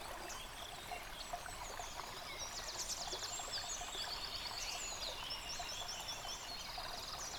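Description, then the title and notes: Birds sing in overlapping phrases of fast trills and bright whistles, with a brook running steadily throughout. Bird chorus recorded beside a stream at Dlouhý Důl, Krásná Lípa, Czechia, on a Zoom H6. "Dlouhý Důl 14, 407 47 Krásná Lípa, Czechia - Ptáci a potok. Ptačí sněm snímaný u potoka.. nahráno na ZOOM H6"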